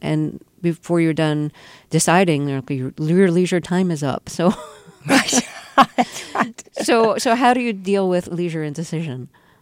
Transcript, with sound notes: And before you're done deciding, your leisure time is up. So...
(LAUGHTER)
So how do you deal with leisure in decision?